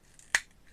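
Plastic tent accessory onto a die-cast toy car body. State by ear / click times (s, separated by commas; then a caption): seated / 0.4 s. A small plastic tent accessory is fitted onto the rear of a Matchbox Mainline die-cast toy car from the 2022 Mix 2 assortment. A faint tick at 0.2 s is followed by a sharp, bright click at 0.3 s. The tent snaps into place and is seated on the car body.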